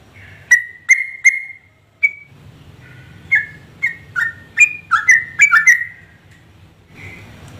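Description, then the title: Yellow-vented Bulbul song: separate whistled notes, then a livelier run of bubbly phrases over a low background hum. Trucukan singing vigorously (gacor) in rapid continuous delivery (ropel), its song filled with material taken from other birds (isian). "TRUCUK GACOR ROPEL ISIAN WAMBHI"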